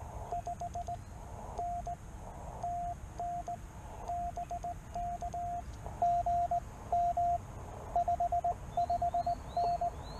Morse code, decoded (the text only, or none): 5N TN BK GM 55N